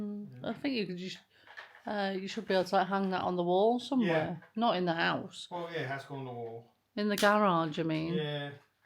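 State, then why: Not seated. A component is handled and pushed toward the frame of a wall-mountable storage unit during assembly while people talk throughout. Nothing has seated or clicked into place yet by the end of the clip.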